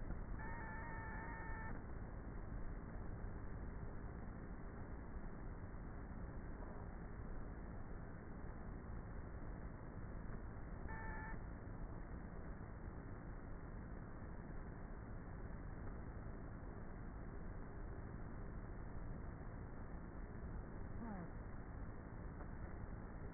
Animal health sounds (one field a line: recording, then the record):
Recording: honeybee colony, microphone inside the hive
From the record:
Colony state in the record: queenless with a low population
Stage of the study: before two queens were removed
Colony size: about 30,000 bees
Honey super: no